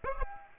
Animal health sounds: mosquito wingbeat signal from an infrared sensor; Aedes aegypti

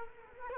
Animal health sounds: mosquito wingbeat signal from an infrared sensor; Culex quinquefasciatus

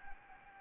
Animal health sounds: mosquito wingbeat signal from an infrared sensor; Anopheles gambiae

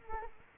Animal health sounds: mosquito wingbeat signal from an infrared sensor; Culex quinquefasciatus

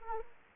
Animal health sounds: mosquito wingbeat signal from an infrared sensor; Anopheles arabiensis

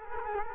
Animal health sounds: mosquito wingbeat signal from an infrared sensor; Culex quinquefasciatus

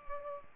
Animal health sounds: mosquito wingbeat signal from an infrared sensor; Culex pipiens

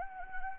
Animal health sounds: mosquito wingbeat signal from an infrared sensor; Anopheles arabiensis

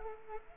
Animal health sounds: mosquito wingbeat signal from an infrared sensor; Culex quinquefasciatus

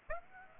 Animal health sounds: mosquito wingbeat signal from an infrared sensor; Aedes aegypti

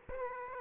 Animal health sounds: mosquito wingbeat signal from an infrared sensor; Aedes aegypti

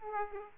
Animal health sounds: mosquito wingbeat signal from an infrared sensor; Aedes aegypti

